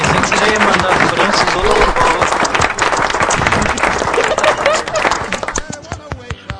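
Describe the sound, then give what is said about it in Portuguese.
A crowd breaks into a round of applause: dense, loud, steady clapping with some voices mixed in, holding for several seconds before thinning out into a few scattered claps at the end. “Uma salva de palmas para”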